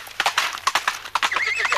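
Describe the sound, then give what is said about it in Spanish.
A horse's hooves clip-clop in quick, irregular knocks while a bright, wavering whinny rises over them toward the end, with no talking. “¡un caballo!”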